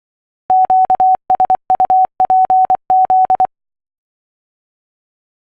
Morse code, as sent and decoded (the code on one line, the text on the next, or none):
--.- ... ..- .--. --..
QSUPZ